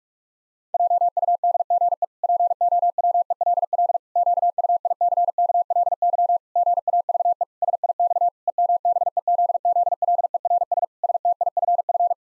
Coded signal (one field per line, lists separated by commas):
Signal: Morse code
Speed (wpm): 46 wpm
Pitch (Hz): 700 Hz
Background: none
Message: JUDGE POWELL QUICKLY GAVE SIX EMBEZZLERS STIFF